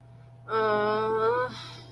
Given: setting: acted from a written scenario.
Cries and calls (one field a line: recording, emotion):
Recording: vocal sound without words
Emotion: embarrassment